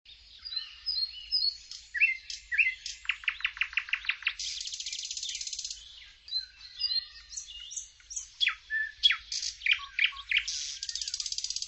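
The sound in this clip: High bird song, restless and varied, with chirps, dry buzzes and a fast run of repeated sharp notes, continuing without long breaks.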